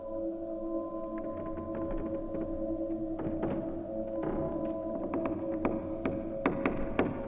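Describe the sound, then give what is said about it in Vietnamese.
Two heavy ironwood tomb doors, three tấc thick, slowly groan open at a spoken incantation with a long, steady, low creak, broken by a series of dull wooden thuds and knocks that grow stronger toward the end. “Hai cánh cửa gỗ lim dày ba tấc bắt đầu cọt cả cọt kẹt, từ từ hé mở.”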